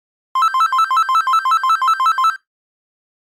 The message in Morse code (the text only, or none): none